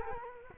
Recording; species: mosquito wingbeat signal from an infrared sensor; Culex quinquefasciatus